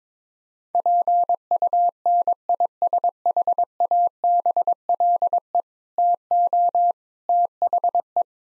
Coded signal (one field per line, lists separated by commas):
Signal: Morse code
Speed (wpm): 22 wpm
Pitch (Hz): 700 Hz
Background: none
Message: PUNISHABLE TO THE